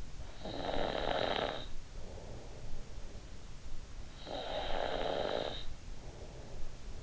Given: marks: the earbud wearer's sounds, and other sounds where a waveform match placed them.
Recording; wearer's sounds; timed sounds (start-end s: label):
sounds in sleep by an in-ear microphone; snoring breath
0.02-2.97 s: snoring breath
3.59-7.02 s: snoring breath